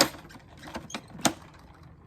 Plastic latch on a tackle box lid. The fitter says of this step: right there see so you think it's in but it's not so